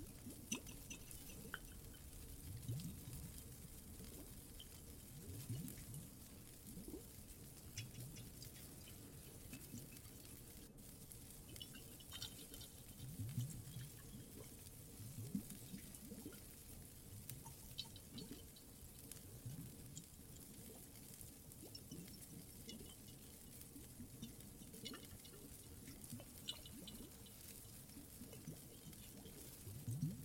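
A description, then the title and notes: Cave water and fireplace sounds: a steady low rumble with soft irregular drips and crackles, plus a faint constant hiss throughout. Some more Cave ASMR, Water and Fireplace added.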